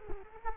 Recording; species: mosquito wingbeat signal from an infrared sensor; Culex quinquefasciatus